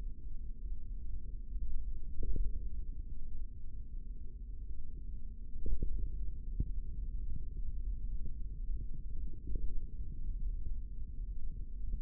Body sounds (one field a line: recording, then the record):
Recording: forearm muscle sounds (acoustic myography)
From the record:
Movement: hand opening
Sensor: system 3, bracelet of six PUI Audio POM-2738L microphones around the upper forearm, with dedicated amplification and filtering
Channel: 4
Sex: male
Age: 25 years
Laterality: right